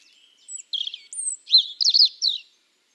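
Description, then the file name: European robin song: one short phrase of high, thin notes, including a long pure whistle followed by rapid warbled trills. "Erithacus rubecula"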